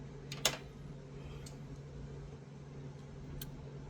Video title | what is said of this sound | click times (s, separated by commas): FOR MOTHER IN-LAW! How to disassemble & reassemble your 380 1911 with full-length guide rod. | and finish rotating your barrel bushing until it locks into place. | 0.3 s, 0.5 s